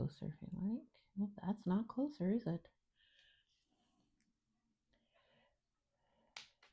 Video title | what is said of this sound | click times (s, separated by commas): Magic Potion House Part 2 | There we go. Oh, I like that snap sound. | 6.4 s